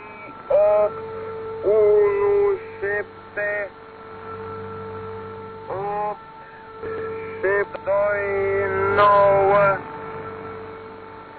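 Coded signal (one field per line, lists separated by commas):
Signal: numbers station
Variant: V01 Skylark, Romanian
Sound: tense male voice saying short words over a muffled radio channel, with pauses between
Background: radio hum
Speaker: and here's how it sounded on The Last Broadcast and I think we can agree there's a hint of tension on that voice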